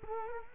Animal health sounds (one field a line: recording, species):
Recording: mosquito wingbeat signal from an infrared sensor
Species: Culex quinquefasciatus